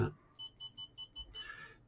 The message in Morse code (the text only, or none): none